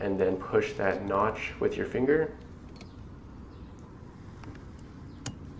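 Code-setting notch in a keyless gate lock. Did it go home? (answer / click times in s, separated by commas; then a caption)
yes / 5.3 s. Someone talks, then, with the plastic cover off, a finger pushes the metal code-setting notch inside a keyless gate lock. After a few faint ticks, a single sharp click sounds at 5.3 s as the notch clicks into position.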